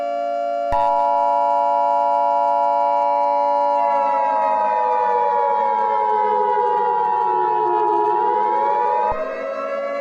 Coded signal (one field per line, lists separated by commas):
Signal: Emergency Alert System (SAME) tones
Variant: 853 and 960 Hz attention tone